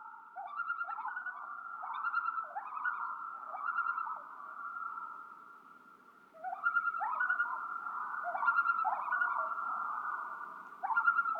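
Loon tremolo: rapid, quavering notes in runs of several seconds, separated by a short quieter gap, then repeated at a similar pitch.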